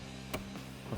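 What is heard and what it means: Pliers pinch the spring hose clamp on the PCV breather hose at the intake tube of a 2011-2014 Mustang GT during a C&L Street cold air intake with 95mm MAF install. The clamp gives a sharp click at 0.3 s over a steady low hum, and is then pulled back to release the hose.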